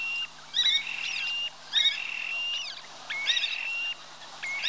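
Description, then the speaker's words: Terek sandpiper contact calls: high, sharp chirping notes alternating with level whistled tones, in bursts about every one to two seconds. Several birds calling to each other on river shallows. "На речных отмелях перекликаются курики-мародунки."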